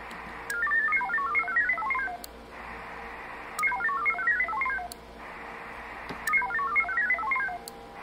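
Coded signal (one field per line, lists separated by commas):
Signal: HF data modem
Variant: VARA HF connect request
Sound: three short melodic bursts of rapidly stepping beeps, repeated with pauses between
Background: radio static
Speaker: Okay so we've done that enough I'm going to click abort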